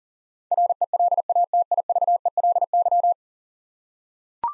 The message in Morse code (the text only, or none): RELATIVELY